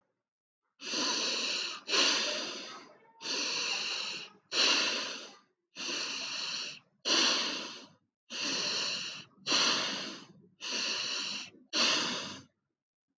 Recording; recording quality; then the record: deep breathing; excellent, no background noise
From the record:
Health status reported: healthy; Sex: male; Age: 57 years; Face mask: not worn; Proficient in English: yes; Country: India